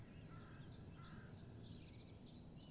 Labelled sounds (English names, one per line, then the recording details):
Common Chiffchaff
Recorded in Germany
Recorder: ecoPi